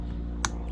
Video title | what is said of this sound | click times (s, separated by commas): MYSTERY SOLVED! BRAKE FLUID LEAK 2006 TOYOTA TUNDRA BRAKE MASTER CYLINDER AND BOOSTER REPLACEMENT | then we can reconnect the fluid level sensor right here on the side. That just clicks right in. | 0.5 s